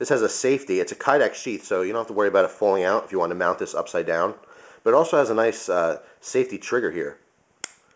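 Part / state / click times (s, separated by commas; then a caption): safety trigger on a Kydex knife sheath / seated / 7.6 s. Someone talks about a knife in a Kydex sheath, then the safety trigger on the sheath is engaged over the knife and gives a sharp click at 7.6 s. The trigger clicks into place, seated so the knife will not come out however hard it is pulled, even with the sheath mounted upside down.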